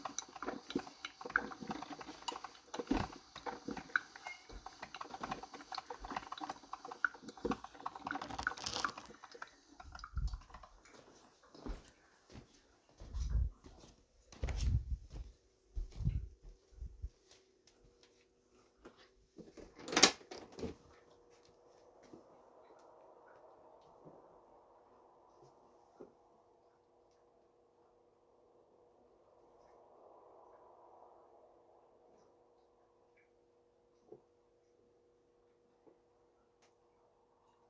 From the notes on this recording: Getting up, coffeebrewing , catmeowing, firestarting, snowwalking, cofeesipping, writing